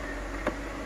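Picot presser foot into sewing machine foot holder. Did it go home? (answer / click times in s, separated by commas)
yes / 0.5 s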